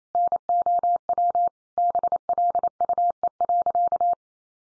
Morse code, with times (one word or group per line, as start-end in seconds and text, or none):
0.1-1.5 NOW
1.8-4.1 BLUE.